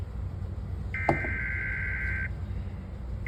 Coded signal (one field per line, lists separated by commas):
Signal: Emergency Alert System (SAME) tones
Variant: header bursts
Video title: CHS SVR | EAS #426-431 #noaaweatherradio